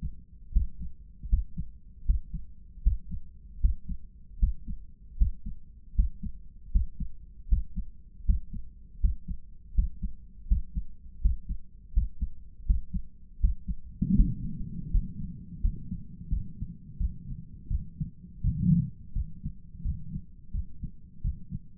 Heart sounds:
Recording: heart sounds by stethoscope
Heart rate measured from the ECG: 81 bpm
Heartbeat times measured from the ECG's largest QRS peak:
0.51 s: heartbeat
1.27 s: heartbeat
2.04 s: heartbeat
2.81 s: heartbeat
3.59 s: heartbeat
4.38 s: heartbeat
5.16 s: heartbeat
5.94 s: heartbeat
6.70 s: heartbeat
7.47 s: heartbeat
8.24 s: heartbeat
8.99 s: heartbeat
9.73 s: heartbeat
10.46 s: heartbeat
11.20 s: heartbeat
11.92 s: heartbeat
12.65 s: heartbeat
13.39 s: heartbeat
14.14 s: heartbeat
14.90 s: heartbeat
15.61 s: heartbeat
16.29 s: heartbeat
16.98 s: heartbeat
17.68 s: heartbeat
18.42 s: heartbeat
19.13 s: heartbeat
19.82 s: heartbeat
20.52 s: heartbeat
21.22 s: heartbeat
From the record:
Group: healthy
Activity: Valsalva maneuver 0-16 s, rest 16-22 s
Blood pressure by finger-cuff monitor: 123/80 mmHg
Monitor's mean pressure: 92 mmHg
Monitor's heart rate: 79 bpm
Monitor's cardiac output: 6.8 L/min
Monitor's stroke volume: 87 mL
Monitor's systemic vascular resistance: 970 dyn s/cm5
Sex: male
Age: 57 years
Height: 188 cm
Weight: 106 kg

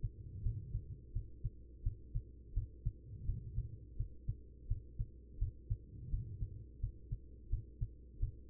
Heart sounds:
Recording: heart sounds by stethoscope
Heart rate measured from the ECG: 85 bpm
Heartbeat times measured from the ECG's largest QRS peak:
0.42 s: heartbeat
1.12 s: heartbeat
1.82 s: heartbeat
2.53 s: heartbeat
3.25 s: heartbeat
3.96 s: heartbeat
4.67 s: heartbeat
5.38 s: heartbeat
6.09 s: heartbeat
6.79 s: heartbeat
7.49 s: heartbeat
8.19 s: heartbeat
From the record:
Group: healthy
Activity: cold pressor test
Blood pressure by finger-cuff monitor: 123/84 mmHg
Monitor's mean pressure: 97 mmHg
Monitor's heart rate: 85 bpm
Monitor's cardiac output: 5.6 L/min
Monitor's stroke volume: 66 mL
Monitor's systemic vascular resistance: 1270 dyn s/cm5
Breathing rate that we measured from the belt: 22 breaths a minute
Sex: female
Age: 43 years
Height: 160 cm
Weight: 90 kg

